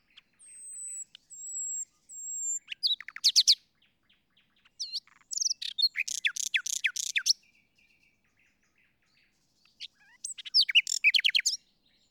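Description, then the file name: Common nightingale song opening with long pure drawn-out whistles, then bursts of fast repeated chattering notes and varied phrases with short pauses between. "Luscinia megarhynchos"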